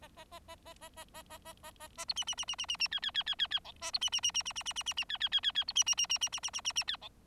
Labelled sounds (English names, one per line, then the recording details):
Bengalese Finch song
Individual Bird4